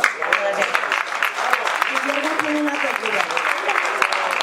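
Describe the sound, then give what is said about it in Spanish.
Steady applause from a Ganemos Zaragoza assembly after a vote approving a proposal fills the whole stretch, a dense patter of many hands clapping at an even level, with a few voices murmuring underneath. “nuestro primer hito, o sea que felicitémonos, pensémonos y demos un gran aplauso.”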